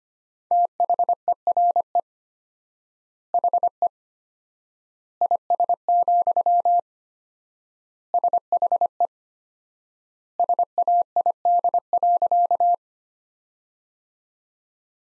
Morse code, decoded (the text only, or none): THERE HE IS, SHE SAID.